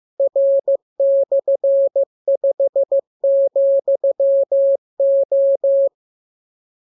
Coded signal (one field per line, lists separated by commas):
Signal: Morse code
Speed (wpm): 15 wpm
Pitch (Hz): 550 Hz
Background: none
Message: R/5,O